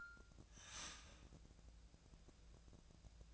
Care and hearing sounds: daily activity, microphone in the room; start toaster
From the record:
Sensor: 2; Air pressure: 1000.0 hPa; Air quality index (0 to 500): 147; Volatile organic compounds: 2 ppm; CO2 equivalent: 1242 ppm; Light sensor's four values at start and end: 27/66/28/31 and 26/66/28/31

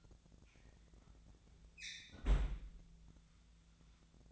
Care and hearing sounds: daily activity, microphone in the room; close fridge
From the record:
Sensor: 3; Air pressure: 1009.7 hPa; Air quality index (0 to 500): 193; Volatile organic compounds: 15 ppm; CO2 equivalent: 2507 ppm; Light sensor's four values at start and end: 38/94/40/43 and 38/94/40/43

